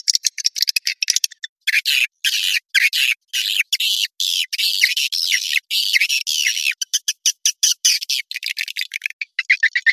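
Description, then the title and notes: Swiftlet chirps in stuttering bursts, high buzzy twitters broken by frequent abrupt silent gaps, busier in the middle section. Swiftlet farming sound, Asia. "Swiflet Bird Sound. Farming Swiflet Bird asia sound"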